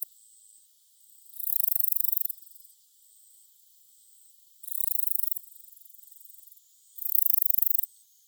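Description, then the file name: Cicadas calling in loud high buzzing bursts of about a second each, separated by quieter stretches of steady high hiss. Cicadas in summer at Sannohe. "INSECT CICADAS SANNOHE"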